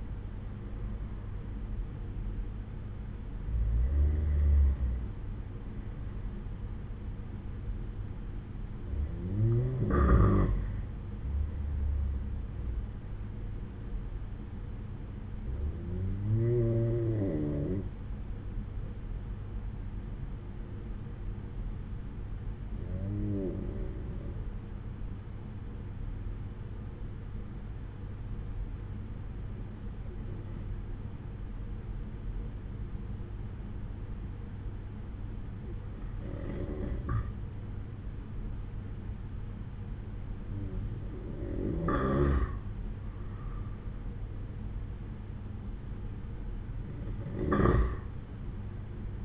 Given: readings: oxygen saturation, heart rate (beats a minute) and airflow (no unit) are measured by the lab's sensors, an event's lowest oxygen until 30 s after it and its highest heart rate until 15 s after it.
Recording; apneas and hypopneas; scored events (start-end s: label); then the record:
breathing in sleep by a smartphone at the bedside; 1
15.00-49.25 s: new sleep stage, N2 (light sleep)
17.00-43.30 s: hypopnea (N2, oxygen 95% highest, then 91% lowest)
From the record:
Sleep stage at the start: N1 (lightest sleep); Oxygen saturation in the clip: 87 to 95%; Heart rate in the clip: 62 to 68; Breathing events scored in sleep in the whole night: 187 in 7.2 hours asleep